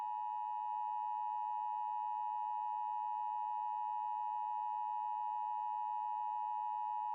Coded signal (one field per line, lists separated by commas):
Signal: Emergency Alert System (SAME) tones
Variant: 853 and 960 Hz attention tone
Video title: What If Scenario: EAS on 9/11